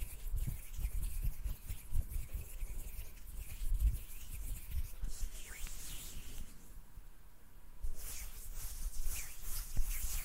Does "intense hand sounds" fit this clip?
yes